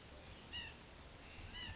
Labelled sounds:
White-breasted Nuthatch (Sitta carolinensis)
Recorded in Sonoma County, California

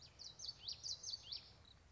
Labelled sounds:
Common Yellowthroat (Geothlypis trichas)
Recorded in Sonoma County, California

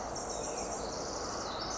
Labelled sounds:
Pacific Wren (Troglodytes pacificus)
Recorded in Sonoma County, California

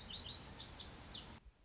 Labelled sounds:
Lazuli Bunting (Passerina amoena)
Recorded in Sonoma County, California

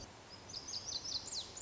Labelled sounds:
Lazuli Bunting (Passerina amoena)
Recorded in Sonoma County, California

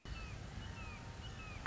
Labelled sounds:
Red-shouldered Hawk (Buteo lineatus)
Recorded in Sonoma County, California

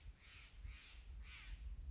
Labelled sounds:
Steller's Jay (Cyanocitta stelleri)
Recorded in Sonoma County, California

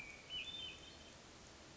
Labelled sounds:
Hermit Thrush (Catharus guttatus)
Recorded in Sonoma County, California

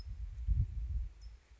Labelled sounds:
California Towhee (Melozone crissalis)
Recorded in Sonoma County, California

